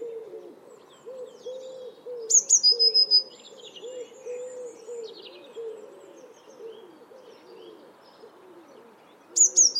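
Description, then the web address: Eurasian blue tit: a high two-note opening sliding into a short trill, repeated near the end, over steady low cooing and scattered small chirps. "cianscape. Deverinetal"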